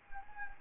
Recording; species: mosquito wingbeat signal from an infrared sensor; Anopheles gambiae